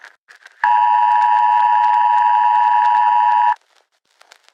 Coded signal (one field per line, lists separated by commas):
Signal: Emergency Alert System (SAME) tones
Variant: 853 and 960 Hz attention tone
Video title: Eas scenario: lobotomy god